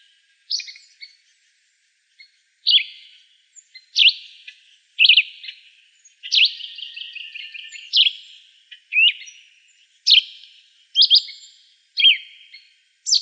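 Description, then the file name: Yellow-green vireo giving a run of short, buzzy high notes with sharp flicked starts, repeated roughly once a second, a few running together into a longer rasp. Recorded in Texas in June 2005. "YGVI 1 C deviche"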